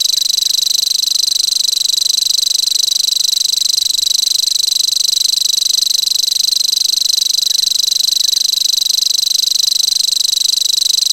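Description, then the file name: Common grasshopper warbler giving its long sustained reel, a sibilant, rapidly pulsed buzz that keeps an even pitch and volume throughout. "grasshopper warbler omkicau"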